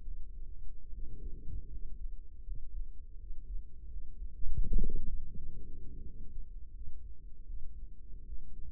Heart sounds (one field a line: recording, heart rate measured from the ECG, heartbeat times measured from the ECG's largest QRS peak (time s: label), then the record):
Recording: heart sounds by microphone in the right ear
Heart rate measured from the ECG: 80 bpm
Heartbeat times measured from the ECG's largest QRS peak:
0.02 s: heartbeat
0.88 s: heartbeat
1.67 s: heartbeat
2.42 s: heartbeat
3.15 s: heartbeat
3.87 s: heartbeat
4.58 s: heartbeat
5.31 s: heartbeat
6.02 s: heartbeat
6.72 s: heartbeat
7.45 s: heartbeat
8.23 s: heartbeat
From the record:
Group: healthy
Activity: cold pressor test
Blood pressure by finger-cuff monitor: 121/89 mmHg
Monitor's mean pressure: 102 mmHg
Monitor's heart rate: 83 bpm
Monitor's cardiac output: 5.6 L/min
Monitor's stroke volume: 71 mL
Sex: male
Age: 35 years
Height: 178 cm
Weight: 64 kg